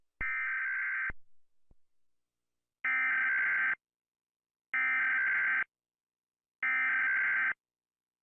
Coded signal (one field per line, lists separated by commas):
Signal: Emergency Alert System (SAME) tones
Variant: header bursts